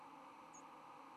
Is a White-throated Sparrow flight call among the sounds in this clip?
no